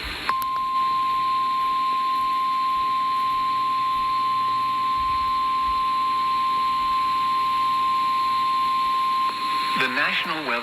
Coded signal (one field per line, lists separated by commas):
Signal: Emergency Alert System (SAME) tones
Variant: 1050 Hz attention tone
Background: speech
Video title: Eas OUN svr on KGAF-AM Eas#1816